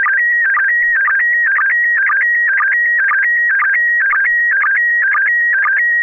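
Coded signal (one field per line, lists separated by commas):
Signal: SSTV (slow-scan television)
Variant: PD120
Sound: warbling tone hopping between pitches, repeating about twice a second with short low blips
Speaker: uh affirmative this picture is going to go out PD 120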